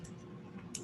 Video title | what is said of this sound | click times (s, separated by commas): Continuing Education: Quarterly Key Checks and Device Firmware Updates - Keeping Your Bitcoin Safe | just kind of push it all the way in until you hear that click | 0.8 s